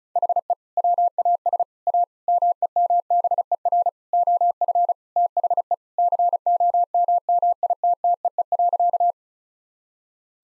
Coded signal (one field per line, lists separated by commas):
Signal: Morse code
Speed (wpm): 34 wpm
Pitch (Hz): 700 Hz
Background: none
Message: HE WAS A MEMBER OF THE COMMITTEE.